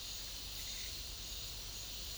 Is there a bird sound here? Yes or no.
no